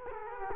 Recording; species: mosquito wingbeat signal from an infrared sensor; Culex quinquefasciatus